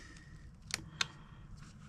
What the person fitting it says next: I think I heard it pop into place there.